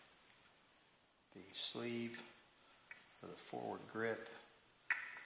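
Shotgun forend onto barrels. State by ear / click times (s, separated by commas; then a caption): not seated / none. Someone talks while handling the forward grip (forend) of a Stoeger Condor shotgun, bringing it up under the barrels. Brief handling ticks are heard near 2.9 s and 4.9 s, but nothing has seated or clicked yet; the forend is not yet in place.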